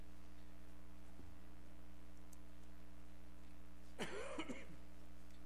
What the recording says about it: My cough. I've been fighting with this for about 3 weeks now, and I just can't seem to shake it.